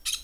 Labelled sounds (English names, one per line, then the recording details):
Brown-throated Parakeet contact call
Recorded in Venezuela
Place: Tumeremo, Edo. Bolivar; Cerca de la casa de Los Guaicas. Corral de los caballos. Varias matas con comejenes
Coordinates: 7.218, -61.386